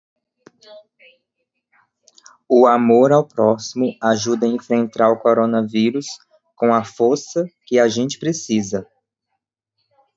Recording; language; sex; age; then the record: spoken sentence; Brazilian Portuguese; male; 20 to 29 years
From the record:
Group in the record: control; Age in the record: 22 years